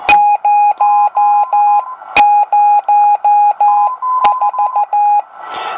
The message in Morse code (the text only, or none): 004